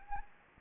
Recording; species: mosquito wingbeat signal from an infrared sensor; Anopheles gambiae